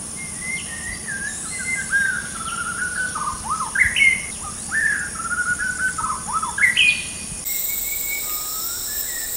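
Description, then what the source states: White-rumped shama pouring out varied whistled phrases, swooping up and down in quick succession, some notes sharp and bright, over a steady insect buzz. Recorded at Danum on 8 August 2009.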